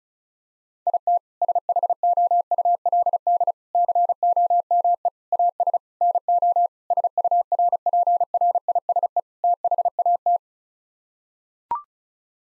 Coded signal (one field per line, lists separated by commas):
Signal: Morse code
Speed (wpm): 36 wpm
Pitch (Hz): 700 Hz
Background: none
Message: IT SHOULD COME AS NO SURPRISE THAT